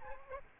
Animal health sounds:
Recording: mosquito wingbeat signal from an infrared sensor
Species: Aedes albopictus

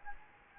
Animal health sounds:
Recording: mosquito wingbeat signal from an infrared sensor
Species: Anopheles gambiae

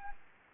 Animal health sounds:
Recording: mosquito wingbeat signal from an infrared sensor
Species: Anopheles gambiae

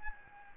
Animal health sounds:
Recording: mosquito wingbeat signal from an infrared sensor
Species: Aedes albopictus

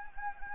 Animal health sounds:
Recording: mosquito wingbeat signal from an infrared sensor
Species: Anopheles gambiae

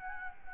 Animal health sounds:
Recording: mosquito wingbeat signal from an infrared sensor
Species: Anopheles gambiae

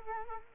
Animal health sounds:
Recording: mosquito wingbeat signal from an infrared sensor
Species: Culex quinquefasciatus

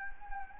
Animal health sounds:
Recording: mosquito wingbeat signal from an infrared sensor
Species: Anopheles gambiae

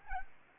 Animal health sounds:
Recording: mosquito wingbeat signal from an infrared sensor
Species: Anopheles arabiensis

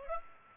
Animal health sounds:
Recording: mosquito wingbeat signal from an infrared sensor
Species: Aedes aegypti

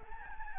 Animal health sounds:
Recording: mosquito wingbeat signal from an infrared sensor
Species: Aedes albopictus

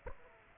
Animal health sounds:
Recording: mosquito wingbeat signal from an infrared sensor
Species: Aedes aegypti

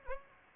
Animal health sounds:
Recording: mosquito wingbeat signal from an infrared sensor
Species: Anopheles gambiae

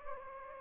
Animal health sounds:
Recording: mosquito wingbeat signal from an infrared sensor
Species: Anopheles gambiae

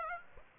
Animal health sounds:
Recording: mosquito wingbeat signal from an infrared sensor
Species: Aedes aegypti

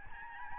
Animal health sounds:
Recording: mosquito wingbeat signal from an infrared sensor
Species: Aedes albopictus

